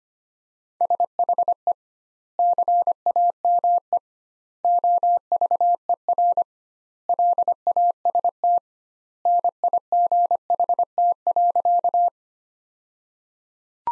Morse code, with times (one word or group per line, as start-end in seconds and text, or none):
0.8-1.7 SHE
2.4-4.0 CAME
4.6-6.4 OVER
7.1-8.6 LAST
9.3-12.1 NIGHT.